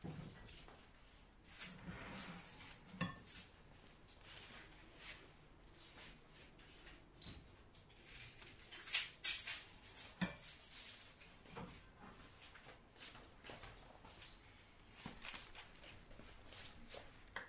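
Someone washing dishes: a low running wash of water under frequent clinks and knocks of plates, pots and cutlery. Sharp clatters come irregularly, with the loudest bunch of knocks around nine to ten seconds, and the handling never stops for long.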